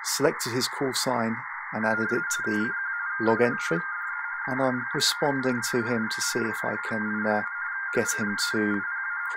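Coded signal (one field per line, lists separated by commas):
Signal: RTTY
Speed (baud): 45.45 baud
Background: speech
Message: CQ CQ DE HG3IPA HG3IPA HG3IPA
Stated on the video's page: Amateur radio datamodes demonstration, overview for newcomers.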